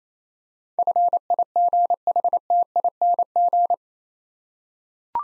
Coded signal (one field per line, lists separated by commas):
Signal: Morse code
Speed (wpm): 28 wpm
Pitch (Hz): 700 Hz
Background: none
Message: FIGHTING